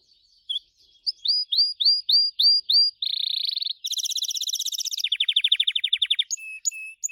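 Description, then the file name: Gloster canary singing: a row of repeated rising whistled notes, then a dense buzzy roll, a bright high trill and a rapid rattle, ending in short chips. "canto do canario gloster"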